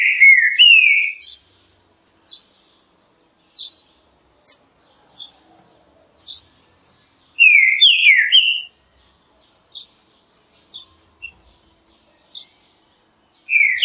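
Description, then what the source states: Green-winged saltator gives loud whistled phrases spaced several seconds apart, with scattered soft, high chips filling the gaps. Classic song, used for training.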